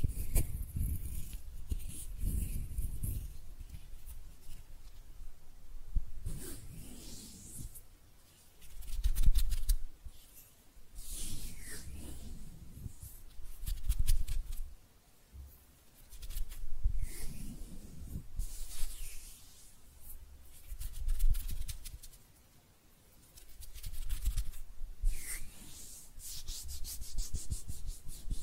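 Hands rub and brush against each other in slow, repeated strokes, each swell lasting a couple of seconds before easing off. The sound is soft and papery, with a low rumbling body and a hissy top, and brief quiet gaps fall between strokes.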